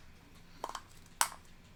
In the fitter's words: there we go that was a satisfying click